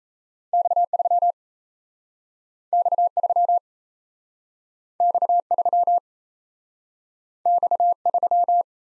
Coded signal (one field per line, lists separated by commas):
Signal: Morse code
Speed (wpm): 38 wpm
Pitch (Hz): 700 Hz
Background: none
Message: X3 X3 X3 X3